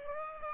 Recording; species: mosquito wingbeat signal from an infrared sensor; Aedes aegypti